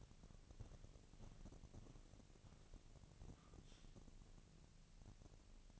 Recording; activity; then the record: daily activity, microphone in the room; walk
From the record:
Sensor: 4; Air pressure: 1013.0 hPa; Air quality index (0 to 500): 174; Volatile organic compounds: 2 ppm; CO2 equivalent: 1098 ppm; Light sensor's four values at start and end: 72/178/76/80 and 72/177/75/80